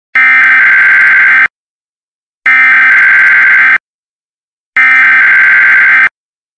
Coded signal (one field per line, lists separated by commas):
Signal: Emergency Alert System (SAME) tones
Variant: header bursts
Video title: EAS Mt. Rainier